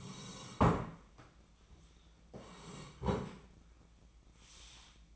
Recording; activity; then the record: daily activity, microphone in the room; sit down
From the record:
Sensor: 1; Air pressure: 1012.3 hPa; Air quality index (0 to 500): 172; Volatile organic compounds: 3 ppm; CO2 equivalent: 1408 ppm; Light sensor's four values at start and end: 45/121/50/61 and 45/122/50/61